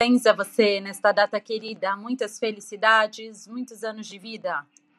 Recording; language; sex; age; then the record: short text; Brazilian Portuguese; female; 40 to 49 years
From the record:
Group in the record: control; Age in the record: 42 years